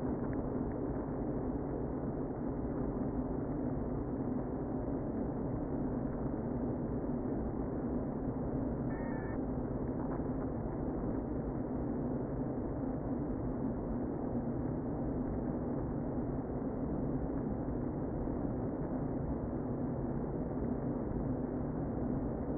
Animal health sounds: honeybee colony, microphone inside the hive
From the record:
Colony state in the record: queen present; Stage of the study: before two queens were removed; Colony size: about 60,000 bees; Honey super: yes

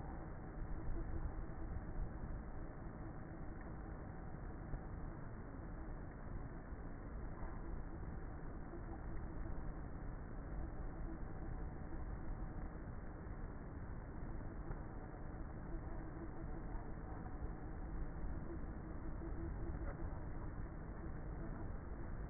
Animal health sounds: honeybee colony, microphone inside the hive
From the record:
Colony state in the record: queenless with a low population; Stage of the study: before two queens were removed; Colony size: about 30,000 bees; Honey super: no

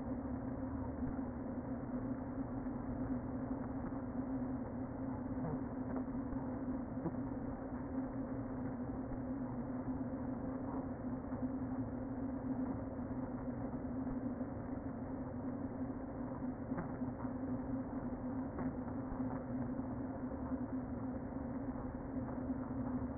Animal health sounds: honeybee colony, microphone inside the hive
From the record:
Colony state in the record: queen present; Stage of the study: before two queens were removed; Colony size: about 60,000 bees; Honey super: yes

